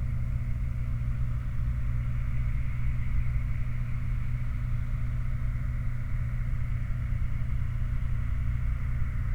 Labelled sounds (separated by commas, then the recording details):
machinery, flare stack
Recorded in the Prudhoe Bay oil fields, Alaska, on 29 July 2019 at 04:06
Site 29